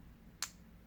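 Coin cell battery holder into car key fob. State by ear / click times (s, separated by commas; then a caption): seated / 0.4 s. A plastic battery holder with a CR2032 coin cell lying flat in it is slid back into an Audi (A8, A5, A3, A4, S5, S6, Q5) car key fob until it locks. A single sharp, loud click at 0.4 s stands out over a low, steady background. The holder is seated and locked back in place.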